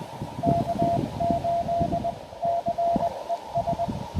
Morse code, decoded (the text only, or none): K8CES